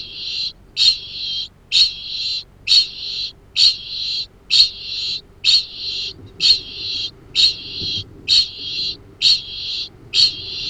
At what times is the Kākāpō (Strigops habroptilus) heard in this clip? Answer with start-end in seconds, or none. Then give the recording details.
0.00-10.69. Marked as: faintness 1/5. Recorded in New Zealand. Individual Arab